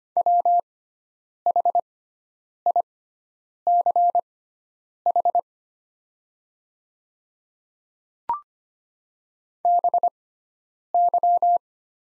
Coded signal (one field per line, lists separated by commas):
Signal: Morse code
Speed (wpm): 25 wpm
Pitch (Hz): 700 Hz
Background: none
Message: WHICH BY